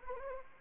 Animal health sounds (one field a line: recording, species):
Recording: mosquito wingbeat signal from an infrared sensor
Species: Anopheles arabiensis